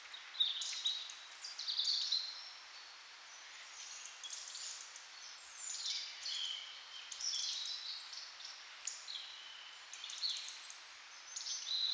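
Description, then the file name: Bird song, softer high whistles and chirps scattered throughout, some short bright notes standing out over a faint hiss. "melodiez vogels"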